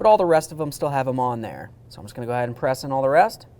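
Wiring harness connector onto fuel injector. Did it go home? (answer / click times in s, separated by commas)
no / none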